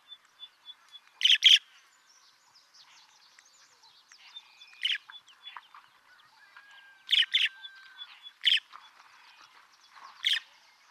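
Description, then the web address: Cattle tyrant song: short squeaky bursts of high notes, some doubled, repeated irregularly every few seconds, over a faint steady whistled tone and soft background chirps. "cantos bufalero"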